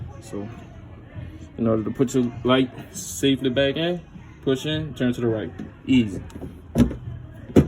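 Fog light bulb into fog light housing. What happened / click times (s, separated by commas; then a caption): The bulb is being pushed in and turned but has not yet locked / none. Someone talks while a fog light bulb is handled at its housing behind the bumper, being pushed in and turned to the right to lock it. Short handling noises come between the speech, with a couple of brief sharp sounds near the end. Nothing has seated or clicked yet.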